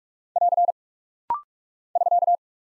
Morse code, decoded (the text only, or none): <AR> <SK>